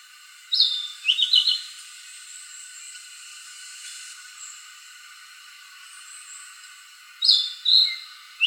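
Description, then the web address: Narcissus flycatcher with a run of quick high whistled notes, a long pause filled with hiss, then a few more clear sharp whistles near the end. Recorded on 14 April 2014 at 06:09. "birdenaga kibitaki 20140414 0609"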